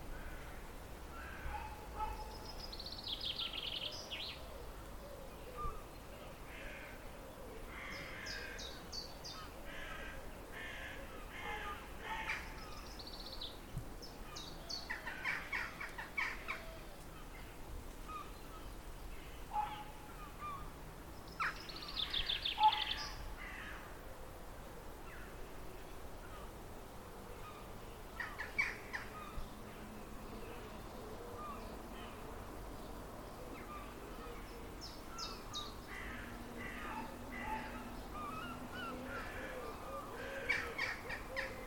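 Birds call across a wildlife recording, with harsh crow-like caws breaking out in short bursts every few seconds, thickest around 15, 20–23 and 35–40 seconds. Beneath them runs a steady low rumble of wind or ambient noise.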